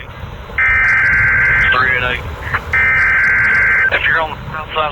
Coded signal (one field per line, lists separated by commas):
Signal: Emergency Alert System (SAME) tones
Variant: header bursts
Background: speech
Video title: Ham on the Road: Smoky Mountain Road Trip, Part3 - TORNADO OUTBREAK! Goodbye and God Bless, Friends.